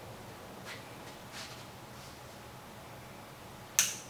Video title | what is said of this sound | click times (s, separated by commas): trophy taker lock up | Hear that click? It's engaged. | 3.8 s